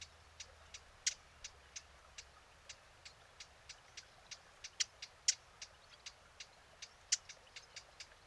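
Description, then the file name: Eurasian blackcap giving many hard, dry tac clicks, some notably louder, over a faint steady hiss. "Sylvia atricapilla"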